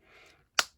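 The swappable head of a plastic action figure, fitted very tightly on its neck peg, is pulled off after a soft rustle of handling. It releases with a single sharp pop at 0.6 s, and the head comes free, followed by two faint ticks near 0.8 s.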